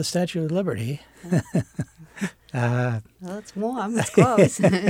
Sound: laughs

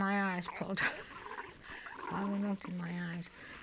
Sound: she laughs

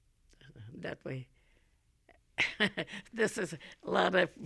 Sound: she laughs

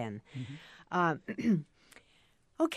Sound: clears throat

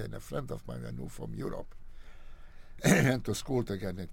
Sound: clears throat

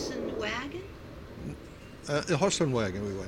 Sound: airplane noise

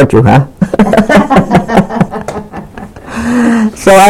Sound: laughs

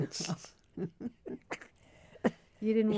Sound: laughs

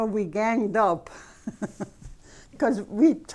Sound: she laughs

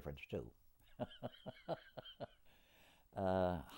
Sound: laughs

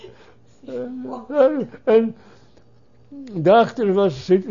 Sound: laughs

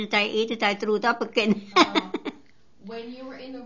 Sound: she laughs

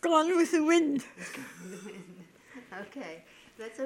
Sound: they laugh

